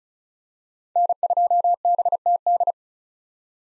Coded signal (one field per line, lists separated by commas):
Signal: Morse code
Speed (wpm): 36 wpm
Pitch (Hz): 700 Hz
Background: none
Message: N2BTD